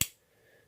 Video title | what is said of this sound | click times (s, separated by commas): Gear review - Flatline Ops Sniper 30mm Articulating Scope level & Strong Arm ACI/ADI mount | you know you can hear it locking | 0.0 s